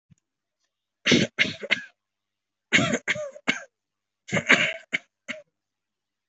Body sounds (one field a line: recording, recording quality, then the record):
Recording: shallow voluntary cough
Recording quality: moderate, slight background noise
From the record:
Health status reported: healthy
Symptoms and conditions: none ticked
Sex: male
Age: 43 years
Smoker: not ticked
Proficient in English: no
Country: India